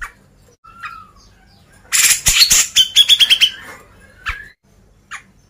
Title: CUCAK JENGGOT